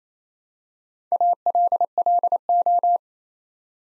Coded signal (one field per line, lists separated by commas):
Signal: Morse code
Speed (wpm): 27 wpm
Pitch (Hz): 700 Hz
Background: none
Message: ALLO